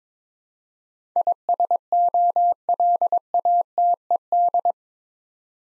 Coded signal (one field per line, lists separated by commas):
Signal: Morse code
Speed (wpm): 22 wpm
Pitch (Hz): 700 Hz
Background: none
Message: ISOLATED